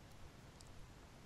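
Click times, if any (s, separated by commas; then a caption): none. A small metal trigger component is being handled as it is fitted into a Jewell trigger housing, with its position checked on a monitor. Steady broadband hiss fills the clip, with a brief faint high tick near 0.6 s. Nothing has seated or clicked into place yet.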